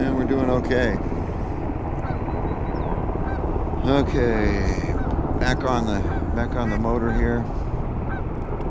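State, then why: Not seated. A steering part is being handled into its mount on a motor during a steering test while someone talks and goose-like honks sound throughout. Nothing has seated or clicked into place yet.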